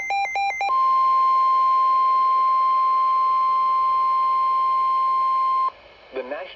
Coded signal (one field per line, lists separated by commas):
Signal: Emergency Alert System (SAME) tones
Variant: 1050 Hz attention tone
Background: speech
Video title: Severe Thunderstorm Warning (EAS #20)